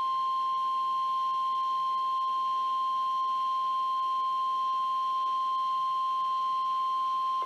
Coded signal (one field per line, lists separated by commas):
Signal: Emergency Alert System (SAME) tones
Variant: 1050 Hz attention tone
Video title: EAS #213 - Severe Thunderstorm Warning 2-21-2014